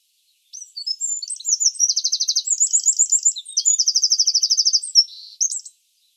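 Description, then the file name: Eurasian wren singing a vigorous high-pitched burst of about five seconds, fast machine-gun trills linked by quick squeaky notes, ending abruptly. "Troglodytes troglodytes"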